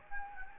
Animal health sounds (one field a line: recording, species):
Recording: mosquito wingbeat signal from an infrared sensor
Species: Anopheles gambiae